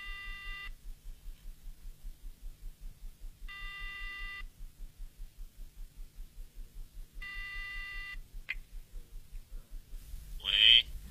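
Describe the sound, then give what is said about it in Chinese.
A telephone ringback tone buzzes three times at even intervals, each burst under a second long and steady in pitch, over a constant low hum, ending with a short warbling sound, from phone booth number 5 at number 128 in the Ningbo telecommunications office at night. “在浓重的夜幕下，他走进了宁波电讯局。 128号， 号电话亭，128号五号电话亭。”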